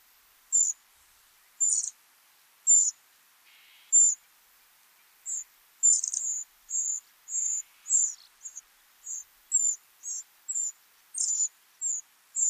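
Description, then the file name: Eurasian wren calls: short, very high-pitched notes, at first spaced about a second apart, then quickening into a faster, uneven series; two faint lower notes partway through. "Troglodytes troglodytes"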